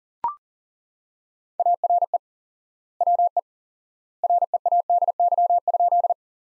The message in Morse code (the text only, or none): ARE WE READY?